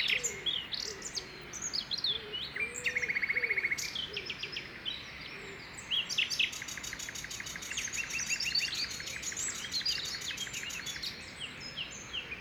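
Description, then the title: Common nightingale singing a varied, rich song of rapid clicking trills, buzzy rattles and sharp whistled phrases, with faint low croaking in the background. Early morning song in a park at Saint-Jean-le-Blanc, France; distant frogs in background; recorded with a Zoom H2n and EM272 stereo microphones. "Saint-Jean-le-Blanc, France - Rossignol philomèle matinal au parc de Loire"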